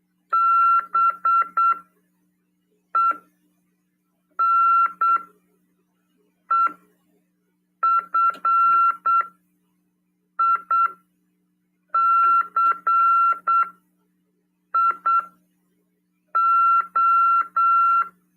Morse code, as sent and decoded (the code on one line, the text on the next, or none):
-... . -. . ..-. .. -.-. .. ---
BENEFICIO